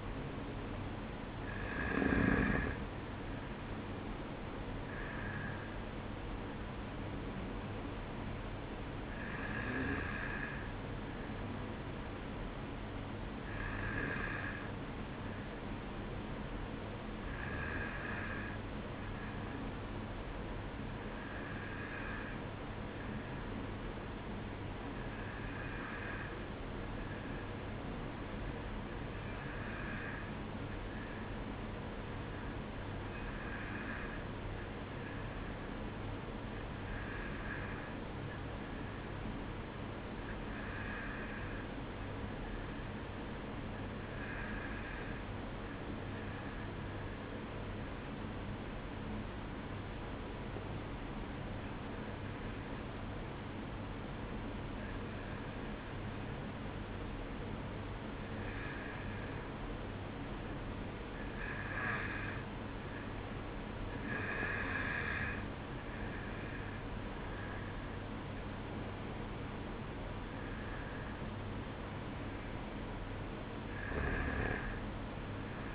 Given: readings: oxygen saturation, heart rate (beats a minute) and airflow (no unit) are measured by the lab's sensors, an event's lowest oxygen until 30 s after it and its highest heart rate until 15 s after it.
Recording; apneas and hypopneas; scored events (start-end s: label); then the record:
breathing in sleep by a voice recorder at the bedside; 1
28.00-58.00 s: new sleep stage, N2 (light sleep)
32.00-62.90 s: hypopnea (N2, oxygen 94% highest, then 91% lowest, heart rate 54 at the start, 59 highest)
58.00-75.75 s: new sleep stage, N1 (lightest sleep)
From the record:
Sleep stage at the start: N1 (lightest sleep); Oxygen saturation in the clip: 91 to 94%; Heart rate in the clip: 53 to 59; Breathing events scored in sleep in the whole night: 305 in 9.6 hours asleep